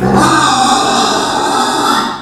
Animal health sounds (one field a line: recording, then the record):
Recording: squeal of a Yucatan mini pig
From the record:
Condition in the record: after surgery on the right vocal fold (resection and tissue-engineered implant)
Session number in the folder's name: 13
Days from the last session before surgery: 113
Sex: female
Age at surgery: 19 weeks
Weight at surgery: 25 kg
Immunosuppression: prednisolone